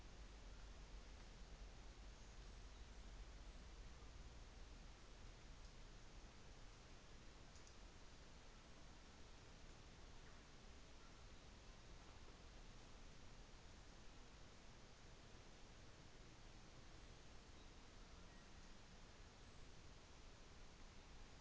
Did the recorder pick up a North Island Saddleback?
no